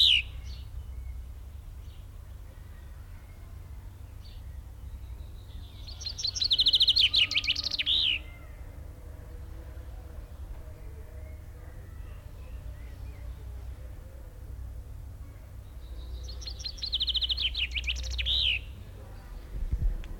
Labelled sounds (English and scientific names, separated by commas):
Common Chaffinch (Fringilla coelebs)